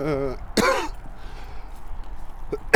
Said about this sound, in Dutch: sorry, ja, ik hoest een beetje.